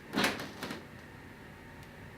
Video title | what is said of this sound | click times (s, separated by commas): Can Am Spyder F3 Limited Special Series: Mustang seat | I heard a click I did | 0.6 s